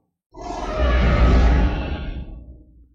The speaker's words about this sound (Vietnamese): Đột nhiên vang lên một tiếng gào trầm thấp kinh người, tựa như muốn xuyên thấu linh hồn người khác, dường như là một con ác quỷ cái thế đang gào thét.